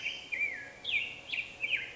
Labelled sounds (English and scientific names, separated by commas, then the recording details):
Black-headed Grosbeak (Pheucticus melanocephalus)
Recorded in Sonoma County, California